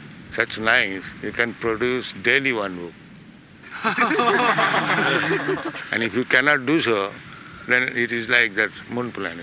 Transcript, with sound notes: such nice---you can produce daily one book. [laughter] And if you cannot do so, then it is like that moon planet,